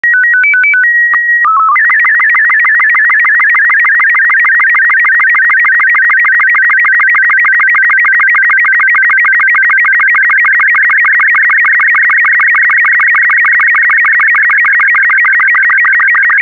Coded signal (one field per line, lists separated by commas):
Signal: SSTV (slow-scan television)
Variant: Robot 36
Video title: 0032 Toonify SSTV Robot36